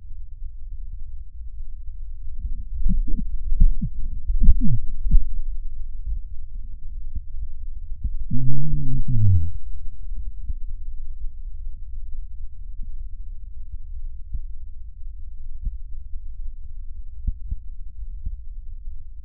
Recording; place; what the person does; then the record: lung sounds by stethoscope; right posterior basal chest; quiet breathing, then cough and speech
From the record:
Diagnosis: interstitial lung disease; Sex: male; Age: 72 years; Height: 170 cm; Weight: 62.9 kg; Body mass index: 21.8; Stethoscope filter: bell mode